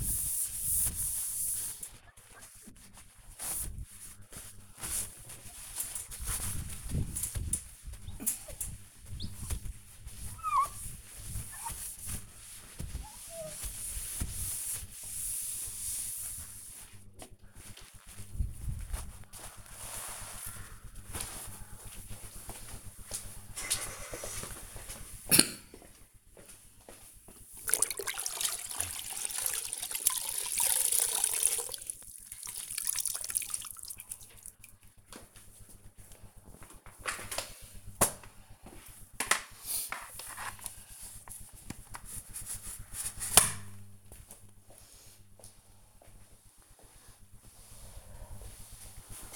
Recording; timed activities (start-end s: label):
household activities, microphone on the right wrist
0.00-18.04 s: window cleaning
28.13-49.36 s: floor cleaning